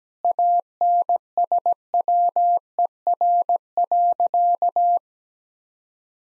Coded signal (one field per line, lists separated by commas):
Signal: Morse code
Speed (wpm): 17 wpm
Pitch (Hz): 700 Hz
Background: none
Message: ANSWER.